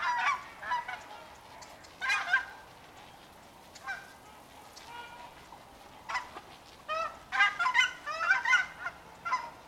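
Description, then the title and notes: Trumpeter Swan calls, loud brassy honking notes in irregular bursts, some clustered in quick series, with quieter calls between. Brassy oh-OH foreground calls in a soundscape recorded January 30, 2024 at a national wildlife refuge. "In the foreground is the call of the Trumpeter Swan. The Trumpeter sounds like a brassy, oh-OH"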